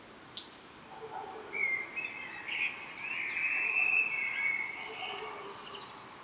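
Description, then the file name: Common blackbird with one long, rambling warbled phrase that swells in the middle, a couple of sharp clicks at the start. "Turdus merula"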